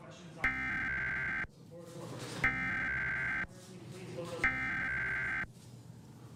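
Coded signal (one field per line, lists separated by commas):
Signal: Emergency Alert System (SAME) tones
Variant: header bursts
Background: speech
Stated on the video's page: Mock National Periodic Test alert tones, not a real broadcast.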